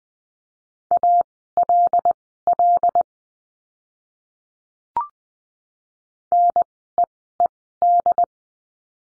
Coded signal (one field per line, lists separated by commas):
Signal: Morse code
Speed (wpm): 20 wpm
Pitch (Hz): 700 Hz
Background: none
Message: ALL NEED